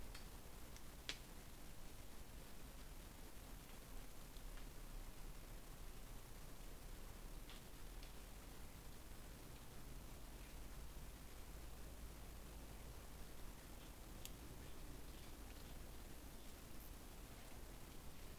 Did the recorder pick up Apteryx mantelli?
no